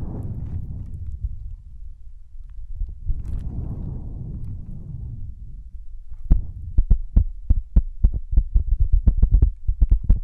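Ear pads are rubbed and scratched with a muffled, low rumbling texture for the first six seconds, swelling into a brighter scraping around the third second. From about six seconds on, quick sharp taps come in a loose, uneven rhythm, growing denser toward the end.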